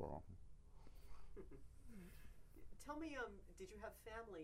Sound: chuckles

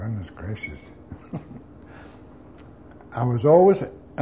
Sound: laughs

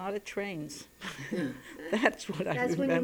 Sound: she laughs

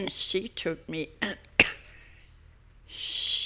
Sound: she coughs

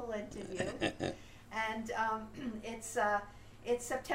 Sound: chuckles

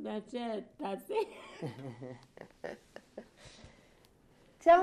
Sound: chuckles

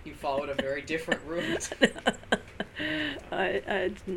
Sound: she laughs

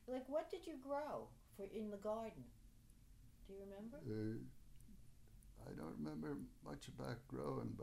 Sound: none

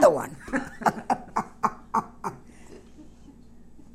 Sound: they laugh

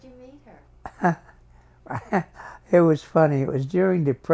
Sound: laughs

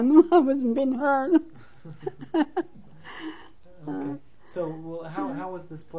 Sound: she laughs

